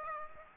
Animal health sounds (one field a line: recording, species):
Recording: mosquito wingbeat signal from an infrared sensor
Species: Aedes aegypti